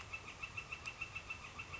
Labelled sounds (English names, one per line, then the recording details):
Northern Flicker
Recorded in Sonoma County, California